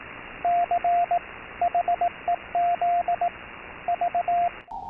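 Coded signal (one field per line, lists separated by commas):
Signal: Morse code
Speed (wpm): 18 wpm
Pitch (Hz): 700 Hz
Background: radio noise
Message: CHEZ V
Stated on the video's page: Morse recalling early wireless telegraphy used to communicate with ships.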